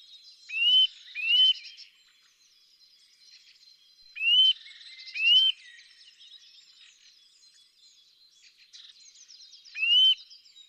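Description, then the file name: Eurasian nuthatch giving paired, upslurred whistles, two quick notes then a pause of several seconds, ending with a single note, with softer high chattering of other birds running underneath. "Sitta europaea"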